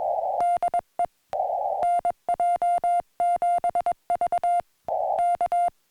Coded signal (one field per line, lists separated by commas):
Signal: Morse code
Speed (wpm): 21 wpm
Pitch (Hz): 700 Hz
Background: music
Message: DE NJ7V K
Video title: Celebrating 4K SOTA Points With Morse Code, 2 Meters FM, and a Surprise From a Friend